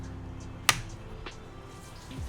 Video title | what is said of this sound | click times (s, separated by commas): LEGO Build - Set 76328 Classic TV Series Batmobile - Part 2 | And the bat extinguisher clicks right in here. | 0.7 s